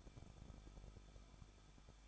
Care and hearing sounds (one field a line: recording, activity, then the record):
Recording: daily activity, microphone in the room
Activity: no activity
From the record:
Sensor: 5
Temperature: 20.9 degrees Celsius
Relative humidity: 38.2%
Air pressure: 1006.4 hPa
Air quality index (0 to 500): 187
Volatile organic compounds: 18 ppm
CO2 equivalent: 2628 ppm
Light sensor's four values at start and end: 2/3/1/1 and 2/3/1/1